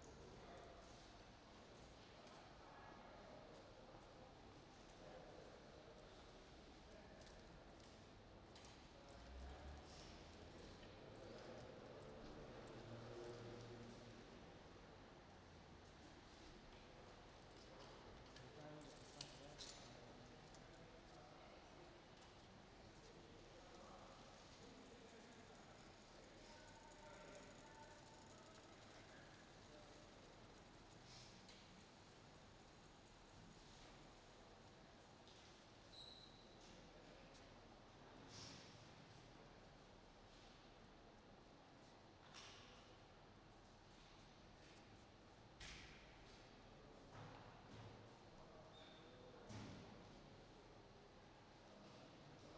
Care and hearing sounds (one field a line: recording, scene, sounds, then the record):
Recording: everyday scene through a hearing-aid microphone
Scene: reverberant space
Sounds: background noise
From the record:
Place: railway station hall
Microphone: in the ear canal, right